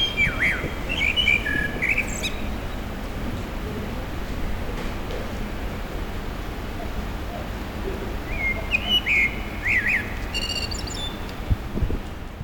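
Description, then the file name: Common blackbird song: two warbled phrases with high twittering endings, separated by a long gap, over steady background noise. Recorded at a petrol station, April 2021. "2021 APR-Amsel-Tankstelle"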